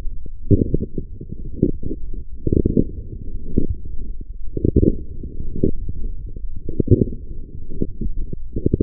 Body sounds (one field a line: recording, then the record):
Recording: forearm muscle sounds (acoustic myography)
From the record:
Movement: forearm pronation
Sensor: system 1, eight BSWA MPA416 microphones around the upper forearm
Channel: 5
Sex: female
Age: 20 years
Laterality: right